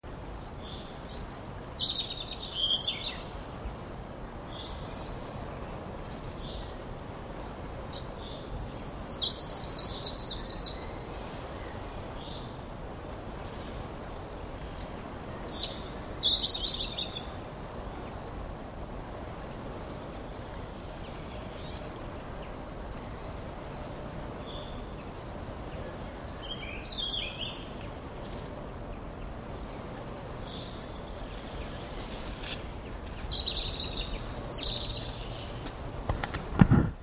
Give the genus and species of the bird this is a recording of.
Erithacus rubecula